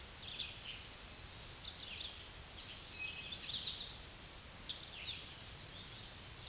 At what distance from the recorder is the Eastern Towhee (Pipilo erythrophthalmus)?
about 15 m